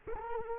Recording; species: mosquito wingbeat signal from an infrared sensor; Culex quinquefasciatus